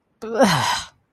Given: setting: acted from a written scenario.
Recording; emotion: vocal sound without words; disgust